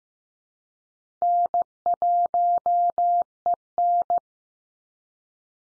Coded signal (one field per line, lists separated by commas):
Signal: Morse code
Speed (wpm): 15 wpm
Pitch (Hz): 700 Hz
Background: none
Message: N1EN